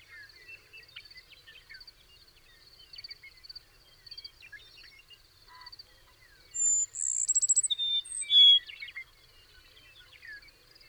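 Bird singing a brief bright phrase: a very high trill, then slurred whistled notes, after faint scattered chirps, over a continuous high drone.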